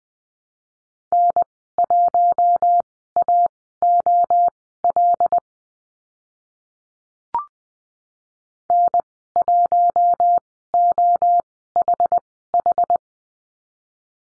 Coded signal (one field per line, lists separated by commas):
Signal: Morse code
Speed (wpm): 20 wpm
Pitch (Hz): 700 Hz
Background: none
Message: N1AOL N1OHH